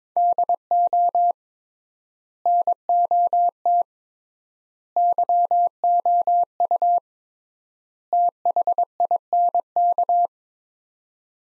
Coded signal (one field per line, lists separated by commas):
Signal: Morse code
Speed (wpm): 22 wpm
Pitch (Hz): 700 Hz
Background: none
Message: DO NOT YOU THINK